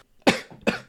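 Two short, sharp explosive bursts about 0.4 seconds apart, each fading quickly, in a quiet room. A brief double cough from an adult, with no wheeze or stridor between the bursts.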